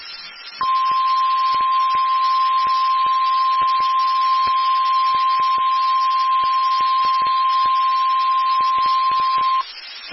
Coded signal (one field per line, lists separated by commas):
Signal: Emergency Alert System (SAME) tones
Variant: 1050 Hz attention tone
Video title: Severe Thunderstorm Warning for Angelina County! [EAS #1511]